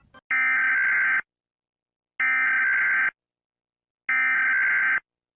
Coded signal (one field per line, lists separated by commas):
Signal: Emergency Alert System (SAME) tones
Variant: header bursts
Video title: Rating EAS alarms 😭 #fypシ #art #trending #new #dragonpuppet #dragon